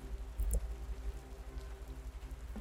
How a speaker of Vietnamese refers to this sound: Thời tiết u ám cộng với mây mưa có phần nặng hạt